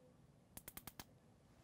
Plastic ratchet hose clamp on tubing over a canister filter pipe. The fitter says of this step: and then we're going to grab one of the little plastic clamps making sure it's on nice and tight squeeze it until you hear it click a few times